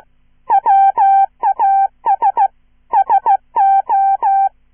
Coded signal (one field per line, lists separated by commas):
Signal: Morse code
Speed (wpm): 16 wpm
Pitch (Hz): 790 Hz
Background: none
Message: WAS SO